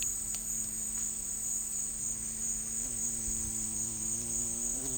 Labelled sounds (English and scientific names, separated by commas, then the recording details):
none
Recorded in secondary vegetation near Puerto Asís, Putumayo, Colombia, on 21 December 2024 at 13:00
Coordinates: 0.484, -76.319
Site GP06